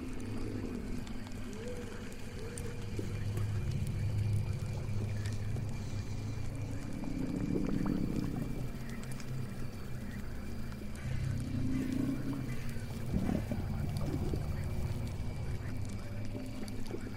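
A witch's swamp house ambience: a steady, murky low rumble fills the whole clip, with slow bubbling, gurgling swells around eight and twelve seconds. Faint creaks and occasional small clicks sit above, along with a thin, constant high hiss.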